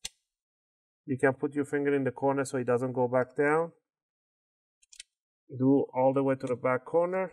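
A plastic pick wedged between the top and bottom covers of an HP Envy x360 m6-aq105dx laptop is twisted along the sides to pop the plastic bottom-cover retaining clips loose for a RAM upgrade. A sharp click at 0.1 s marks a clip releasing, followed by someone talking, with a few faint ticks around 4.8–5.0 s. The bottom-cover clip clicks open.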